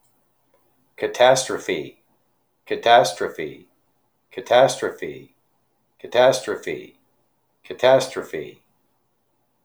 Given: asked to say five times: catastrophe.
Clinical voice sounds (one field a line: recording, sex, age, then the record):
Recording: repeated word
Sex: male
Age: 50 to 59 years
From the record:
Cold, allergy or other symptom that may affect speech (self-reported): no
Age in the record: 56 years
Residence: North Carolina, United States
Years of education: 16